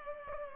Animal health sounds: mosquito wingbeat signal from an infrared sensor; Culex pipiens

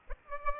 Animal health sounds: mosquito wingbeat signal from an infrared sensor; Aedes aegypti

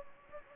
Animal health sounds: mosquito wingbeat signal from an infrared sensor; Anopheles gambiae

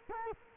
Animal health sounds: mosquito wingbeat signal from an infrared sensor; Culex quinquefasciatus

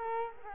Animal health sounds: mosquito wingbeat signal from an infrared sensor; Culex quinquefasciatus

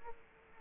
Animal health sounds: mosquito wingbeat signal from an infrared sensor; Aedes aegypti

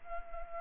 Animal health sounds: mosquito wingbeat signal from an infrared sensor; Culex pipiens

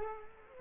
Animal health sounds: mosquito wingbeat signal from an infrared sensor; Culex quinquefasciatus

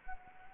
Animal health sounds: mosquito wingbeat signal from an infrared sensor; Anopheles gambiae

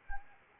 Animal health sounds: mosquito wingbeat signal from an infrared sensor; Anopheles arabiensis

